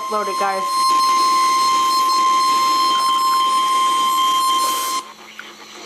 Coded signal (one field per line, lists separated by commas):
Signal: Emergency Alert System (SAME) tones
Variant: 1050 Hz attention tone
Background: speech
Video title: Severe Thunderstorm Warning (EAS #304)